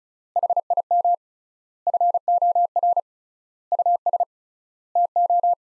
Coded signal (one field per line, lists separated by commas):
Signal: Morse code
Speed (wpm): 34 wpm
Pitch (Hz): 700 Hz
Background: none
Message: HIM FOR US TO